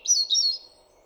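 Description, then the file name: European robin uttering two quick, thin, high warbled notes in close succession, then quiet. "Erithacus rubecula"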